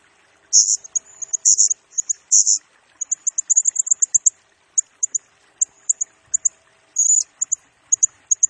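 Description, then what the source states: Blue-crowned hanging parrot song: loud buzzy squeals at first, then rapid strings of shrill high notes repeated in pairs. Lure and tutor recording for training and attracting birds; bird sings energetically (gacor) in rapid nembak style, said to stir up all other birds.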